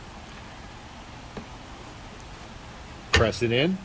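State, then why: Not seated. A battery pack is slid into a toilet's battery compartment with fingers placed behind the fuse body, ready to press it in. A faint tap sounds at about 1.4 s over a low, steady background, and someone talks near the end. Nothing has seated or clicked yet.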